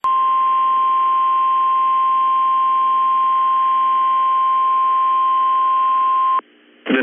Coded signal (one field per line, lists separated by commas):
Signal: Emergency Alert System (SAME) tones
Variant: 1050 Hz attention tone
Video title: NOAA Severe Thunderstorm Warning EAS 4 29 PM 5 19 22 Minneapolis St Paul